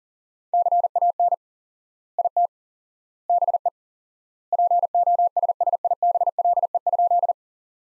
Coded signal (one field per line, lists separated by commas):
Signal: Morse code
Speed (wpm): 37 wpm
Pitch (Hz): 700 Hz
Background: none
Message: CAN IT BE POSSIBLE?